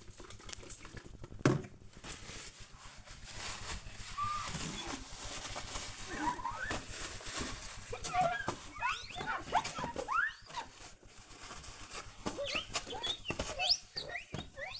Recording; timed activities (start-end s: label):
household activities, microphone on the right wrist
0.00-14.80 s: window cleaning